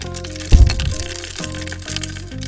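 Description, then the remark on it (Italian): A broken Minipimer hand blender rattles and crackles inside, starting with a loud, rough burst, then settling into softer, uneven clattering over a steady musical tone underneath. “Senti come scrying dentro. È tutto rottino.”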